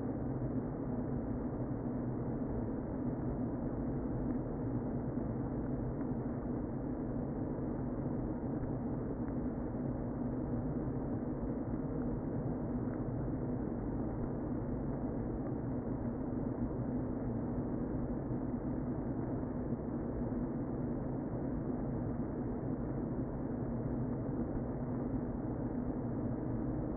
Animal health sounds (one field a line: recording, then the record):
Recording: honeybee colony, microphone inside the hive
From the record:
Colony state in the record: queen present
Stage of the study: before two queens were removed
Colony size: about 60,000 bees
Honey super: yes